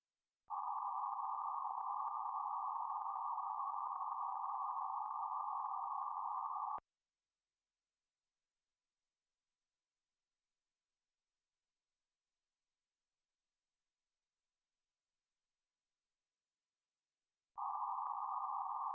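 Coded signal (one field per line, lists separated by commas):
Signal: PSK31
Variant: BPSK31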